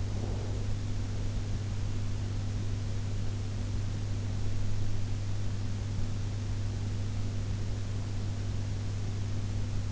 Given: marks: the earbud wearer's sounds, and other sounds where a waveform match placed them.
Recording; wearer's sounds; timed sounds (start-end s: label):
sounds in sleep by an in-ear microphone; breath
0.00-1.67 s: breath